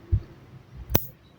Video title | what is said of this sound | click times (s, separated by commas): Tugas 1 Jaringan Komputer "Membuat Kabel Jaringan Tipe Straight" | kita tinggal tekan aja sampai berbunyi bisa apa bunyi klik ya. | 0.9 s